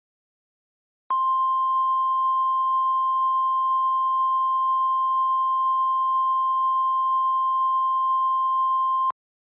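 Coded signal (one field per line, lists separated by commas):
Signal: Emergency Alert System (SAME) tones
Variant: 1050 Hz attention tone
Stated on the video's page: Recreated flood alert using weather radio alert tones from EASyKIT and a scenario pack, with valid SAME tones.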